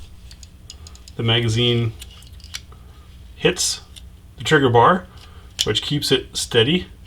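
A folding pistol conversion housing is handled at its folding frame hinge lock while being swung toward the open position, with small ticks and taps between stretches of someone talking. Nothing has seated or locked yet.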